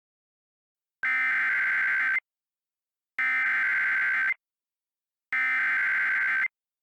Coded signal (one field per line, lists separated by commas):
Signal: Emergency Alert System (SAME) tones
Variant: header bursts